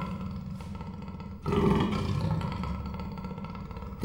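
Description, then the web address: Persian leopard snoring: a low rumbling rasp, then one louder, harsher snore that trails off into steady gravelly breathing. Captive animal in a zoo in 2018; real snoring. "perzsa leopard igazihorges miskolczoo"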